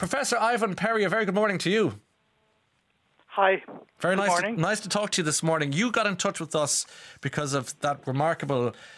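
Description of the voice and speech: Two adults exchange a fluent, clearly voiced radio greeting at an ordinary pace, with one brief pause.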